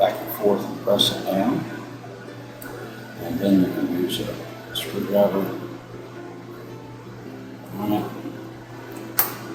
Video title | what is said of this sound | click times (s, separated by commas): Fixing Another Jibo | There. You heard that snap? | 9.2 s